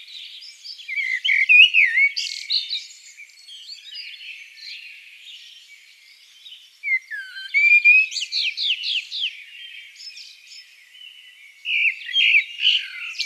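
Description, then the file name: Eurasian blackbird singing three varied phrases, swooping whistled notes followed by scratchy high trills, with continuous soft bird chatter between them. "Turdus merula"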